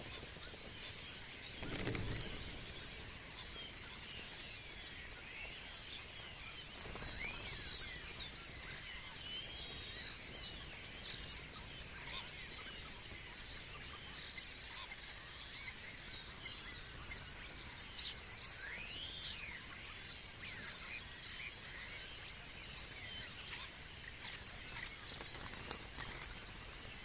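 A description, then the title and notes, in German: Starlings in the evening: a dense, constant chatter of whistles, clicks and squeaky trills fills the whole stretch, mostly bright and busy with many birds overlapping. Low thumps or bumps break in around two and seven seconds, with a faint steady rumble underneath. Stare am Abend. Mit meinem rauschärmsten Mikrophon aufgenommen.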